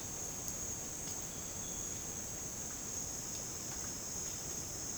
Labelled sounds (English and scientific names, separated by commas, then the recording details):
none
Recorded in dense forest near Puerto Asís, Putumayo, Colombia, on 8 March 2025 at 10:00
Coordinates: 0.486, -76.317
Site G053